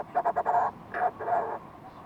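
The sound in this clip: Fulmar prion call: a quick series of short throaty pulses running into longer harsh croaks.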